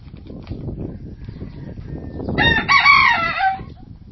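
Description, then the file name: Chicken: rooster crow, a single harsh rising-then-falling cock-a-doodle-doo near the end, over steady rumbling background noise. "canto do galo"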